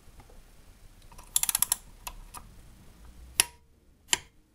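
A click-type torque wrench tightens the oil drain plug in a motorcycle engine sump until it clicks once at its set torque. A quick run of ratcheting clicks around 1.4–1.7 s is followed by fainter ticks, then a sharp, loud click at 3.4 s and another sharp click at 4.1 s. It is confirmed to be a single click at the set torque.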